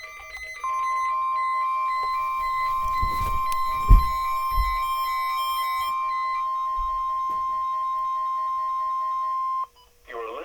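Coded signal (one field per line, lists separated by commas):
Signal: Emergency Alert System (SAME) tones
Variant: 1050 Hz attention tone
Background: speech, music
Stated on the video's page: EAS Required Weekly Test.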